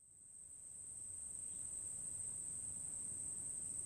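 Cricket trill, one continuous high, even buzz that fades in at the start and holds steady, with faint low background rumble.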